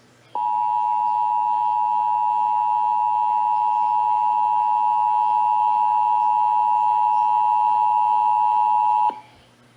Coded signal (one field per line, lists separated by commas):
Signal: Emergency Alert System (SAME) tones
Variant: 853 and 960 Hz attention tone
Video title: (EAS #110-113) January 2022 Texas Required Monthly Test (WBAP-AM, KSCS-FM, KTVT-TV and WFAA-TV)